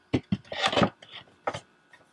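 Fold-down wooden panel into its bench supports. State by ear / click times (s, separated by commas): seated / 1.5 s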